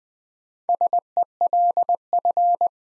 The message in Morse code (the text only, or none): SELF